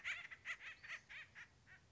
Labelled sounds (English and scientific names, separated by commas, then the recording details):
Acorn Woodpecker (Melanerpes formicivorus)
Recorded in Sonoma County, California